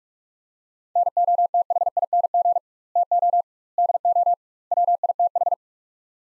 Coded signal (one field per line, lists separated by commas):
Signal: Morse code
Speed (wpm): 44 wpm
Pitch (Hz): 700 Hz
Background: none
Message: NOTHING TO DO WITH